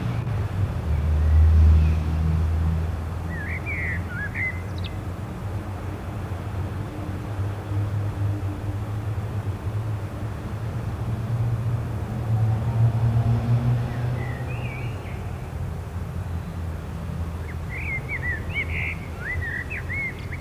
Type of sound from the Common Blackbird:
song